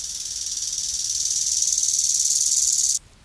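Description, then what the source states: Bow-winged grasshopper song: a high, hissing, rapidly pulsed rasp that grows louder, lasts about three seconds, then stops abruptly. Studio-quality recording of a single grasshopper; such songs are often so high-pitched that older people can barely hear them.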